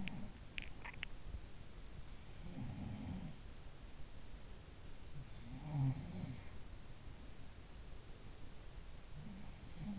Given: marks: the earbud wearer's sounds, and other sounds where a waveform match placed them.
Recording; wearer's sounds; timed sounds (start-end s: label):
sounds in sleep by an in-ear microphone; swallowing
0.00-1.25 s: swallowing
2.19-3.42 s: sound from someone else or the room
5.05-6.67 s: sound from someone else or the room
7.78-9.99 s: sound from someone else or the room